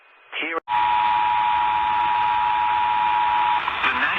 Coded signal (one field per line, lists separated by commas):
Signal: Emergency Alert System (SAME) tones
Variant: 853 and 960 Hz attention tone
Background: speech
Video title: There's More Floodz...EAS Alerts From August 13, 2020 (EAS #358-364)